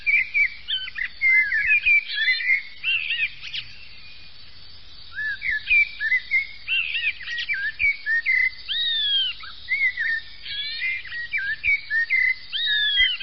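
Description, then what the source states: Common blackbird song of varied mellow whistles, rising and falling slurs, and twittery high endings, phrase after phrase with brief gaps between them. Songs prepared for bird-catching (uccellagione) use.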